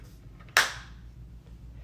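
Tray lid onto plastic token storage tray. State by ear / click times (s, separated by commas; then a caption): seated / 0.6 s. A plastic token-storage tray lid in a Gamegenic Game Castle board game organizer, holding command tokens and flags for Twilight Imperium, is pressed closed onto its tray. A faint tick at 0.5 s is followed by a sharp, loud snap at 0.6 s that rings off briefly. The lid snaps shut and is seated.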